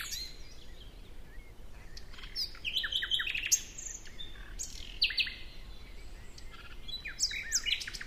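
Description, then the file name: Common nightingale song: varied high phrases of sharp chips, short whistles and brief trills, broken by pauses, over a faint steady hiss. "Luscinia megarhynchos"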